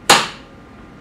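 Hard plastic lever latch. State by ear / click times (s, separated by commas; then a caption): released / 0.1 s. The release lever on the bottom of a patient monitor mount on a balloon pump console is pulled toward the operator to take the monitor off the console. A single sharp, loud, bright click sounds at 0.1 s as the lever clicks down and then decays quickly to quiet. The mount is released.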